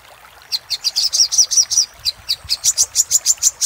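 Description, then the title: Little spiderhunter gives a rapid run of shrill, high chips, briefly pausing, then resuming with an even, clear series. Master song for training cage birds; labaik variant. "Masteran Burung Sogok Ontong Labaik"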